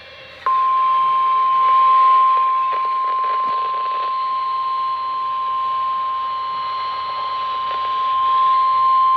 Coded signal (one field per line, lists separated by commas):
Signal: Emergency Alert System (SAME) tones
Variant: 1050 Hz attention tone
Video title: EAS Alerts From 1/9/2024: A Compilation (EAS 9-29)